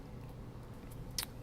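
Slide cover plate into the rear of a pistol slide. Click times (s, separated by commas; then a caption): 1.2 s. During reassembly of a Glock 43 pistol slide, the spacer sleeve is pushed down past the extractor spring and the slide cover plate is slid into the rear of the slide. Over a steady low hum, a sharp snap at 1.2 s shows the cover plate has snapped home and is seated.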